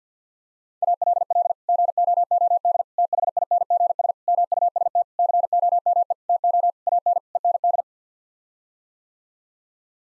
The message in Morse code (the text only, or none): ALL GOOD THINGS MUST COME TO AN END